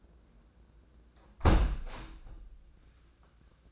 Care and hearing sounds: daily activity, microphone in the room; close window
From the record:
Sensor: 2

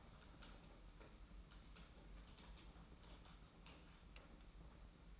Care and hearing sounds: daily activity, microphone in the room; typing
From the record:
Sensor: 1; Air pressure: 991.7 hPa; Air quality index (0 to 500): 173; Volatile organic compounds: 1000 ppm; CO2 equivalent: 6550 ppm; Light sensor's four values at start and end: 29/100/38/39 and 29/100/38/39

